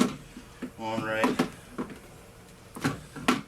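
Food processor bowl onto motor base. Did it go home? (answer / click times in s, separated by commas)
yes / 3.3 s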